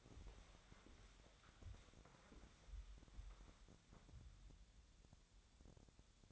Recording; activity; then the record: daily activity, microphone in the room; walk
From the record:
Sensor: 3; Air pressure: 1015.2 hPa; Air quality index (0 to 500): 132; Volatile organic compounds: 6 ppm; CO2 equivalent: 1860 ppm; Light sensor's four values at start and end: 15/38/15/16 and 15/38/15/16